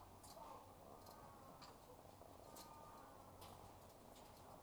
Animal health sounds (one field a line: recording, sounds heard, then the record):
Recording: poultry house recording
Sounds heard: sick chickens (respiratory disease)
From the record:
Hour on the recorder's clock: 12